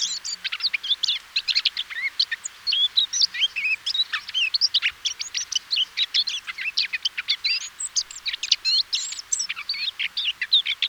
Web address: SETE data Sylvia atricapilla